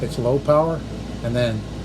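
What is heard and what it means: Someone talks over a low steady hum while handling the steel bolt of a Crosman 150/157 CO2 air pistol, which is pulled back past detent clicks so the hammer sear can latch at the high power setting. Nothing has seated or clicked yet.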